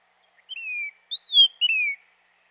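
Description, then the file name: Northern cardinal song, clear whistled slurred notes, a short slightly falling whistle followed by two descending downslurs, in silence. "dan gibsons solitudes northern cardinal"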